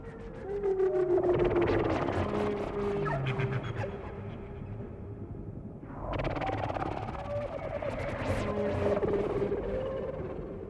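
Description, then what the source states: Whales singing steady, drawn-out tones, broken by bursts of clicking pulses and brief swells in loudness. Chorus of whales.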